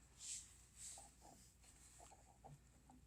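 An impeller is placed by hand onto the motor shaft of a HOMA GRP series grinder pump, without anti-seize or Loctite, and started at the edge of the shaft. Quiet handling is heard: two brief airy, hissy bursts near 0.3 s and 0.9 s, then faint light scrapes and soft taps through the rest of the clip. Nothing has seated or clicked onto the key yet.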